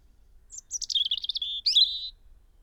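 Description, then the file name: European robin song: a very high opening note, then a quick liquid trill settling into a steady whistle, followed by a brief sharp flourish and a final sustained tone. "Erithacus rubecula"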